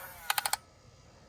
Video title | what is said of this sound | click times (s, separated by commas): Top Race RC Construction equipment | you got a click | 0.3 s, 0.4 s, 0.5 s